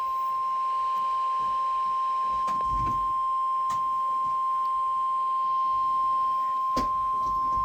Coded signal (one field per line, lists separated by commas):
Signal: Emergency Alert System (SAME) tones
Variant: 1050 Hz attention tone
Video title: NOAA Weather Radio EAS: Severe Thunderstorm Warning